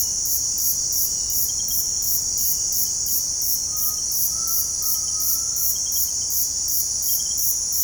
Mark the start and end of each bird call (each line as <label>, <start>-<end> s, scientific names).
Crypturellus undulatus, 3.59-5.72 s